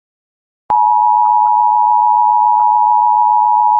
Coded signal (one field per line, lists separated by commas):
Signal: Emergency Alert System (SAME) tones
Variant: 853 and 960 Hz attention tone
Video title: History of EAS (reupload)